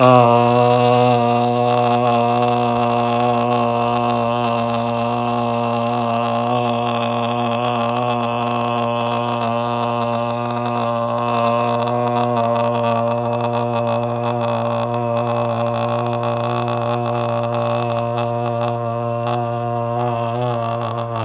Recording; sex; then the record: sustained vowel /a/; male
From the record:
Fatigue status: no fatigue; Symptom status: asymptomatic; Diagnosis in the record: COVID-19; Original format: m4a